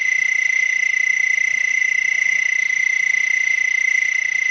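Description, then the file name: Cicada song: a continuous shrill, buzzing drone, steady in pitch and loudness throughout, with fine rapid pulsing. "Singing Cicada"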